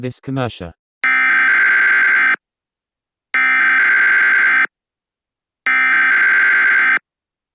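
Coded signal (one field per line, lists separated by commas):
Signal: Emergency Alert System (SAME) tones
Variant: header bursts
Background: speech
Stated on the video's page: Fictional EAS scenario made for entertainment.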